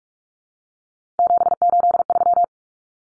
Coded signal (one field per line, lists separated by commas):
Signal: Morse code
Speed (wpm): 44 wpm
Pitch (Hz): 700 Hz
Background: none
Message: 783